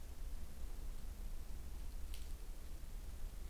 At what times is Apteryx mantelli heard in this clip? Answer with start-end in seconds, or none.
none